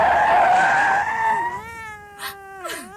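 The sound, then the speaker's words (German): A grey cat lets out a long, drawn-out meow, loud and wavering at first, then thinning into a couple of falling, wailing glides. No one speaks. “Da, eine Katze. So grau und echt.”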